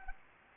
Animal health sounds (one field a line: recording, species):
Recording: mosquito wingbeat signal from an infrared sensor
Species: Anopheles gambiae